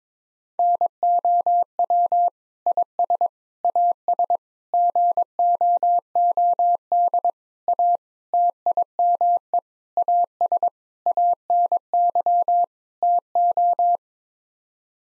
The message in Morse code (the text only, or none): NOW IS AS GOOD A TIME AS ANY TO